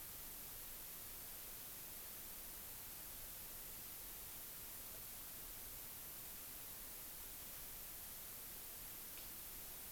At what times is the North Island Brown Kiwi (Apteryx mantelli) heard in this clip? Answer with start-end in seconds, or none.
none